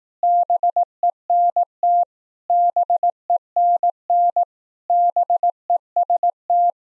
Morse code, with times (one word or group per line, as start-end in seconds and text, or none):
0.2-2.0 BENT
2.5-4.4 BENN
4.9-6.7 BEST